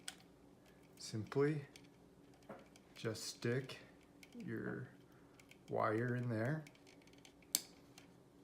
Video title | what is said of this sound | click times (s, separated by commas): Install Power Kit For Ring Video Doorbell Pro | it's clipped in it doesn't move so we're good on that that | 7.5 s